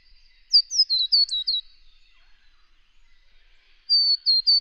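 Scarlet honeyeater song: a quick string of high, clear notes dropping in pitch, a pause, then a second shorter run of bright repeated tones.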